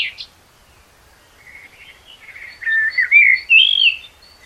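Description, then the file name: Common blackbird song: a squeaky high note, then low fluty warbled phrases that climb into brighter whistles near the end. "Turdus merula"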